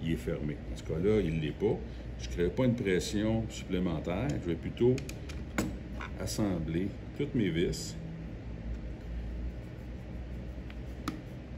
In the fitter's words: Vous avez entendu le clic, il vient de s'imbriquer comme il faut.